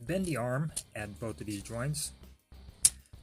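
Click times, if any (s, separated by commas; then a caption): 2.9 s. Someone talks while bending the plastic arm of a Transformers Age of the Primes Armada Universe Red Alert action figure at two joints during transformation, pushing it into its locked position. After a brief quiet, one loud, sharp click at 2.9 s marks the arm joint snapping into place, followed by a faint tick.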